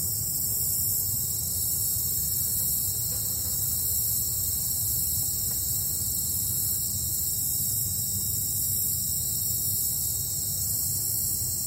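Buzzing insects make a steady, dense, high-pitched drone that runs unbroken through the whole recording by a forest lake. Beneath it sits a constant low rumble, and a couple of faint, soft bird chirps come through in the distance around the third and fifth seconds.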